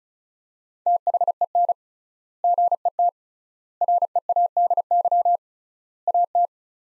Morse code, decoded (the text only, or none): THEN GET READY AT